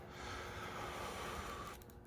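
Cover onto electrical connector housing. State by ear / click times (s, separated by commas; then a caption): not seated / none. A cover is pressed onto a plastic electrical connector housing for a light, with the pins sitting proud. A steady hiss with a faint tone runs until about 1.8 s, then drops away, leaving two brief light ticks near 1.8 and 1.9 s. The cover does not snap on, and nothing has seated or clicked yet.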